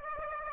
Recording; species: mosquito wingbeat signal from an infrared sensor; Aedes aegypti